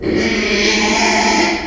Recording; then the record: squeal of a Yucatan mini pig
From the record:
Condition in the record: after surgery on the right vocal fold (resection and tissue-engineered implant); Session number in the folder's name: 2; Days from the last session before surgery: 13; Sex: male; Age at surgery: 12 weeks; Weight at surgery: 13 kg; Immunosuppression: cyclosporine, prednisolone